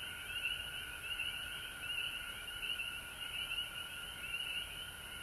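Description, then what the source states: Frog chorus of quick, repeated upward-sweeping peeps over a steady high-pitched hum of many callers. Recorded at home in Georgia on March 19, 2020.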